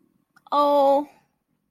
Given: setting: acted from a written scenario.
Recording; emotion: vocal sound without words; pain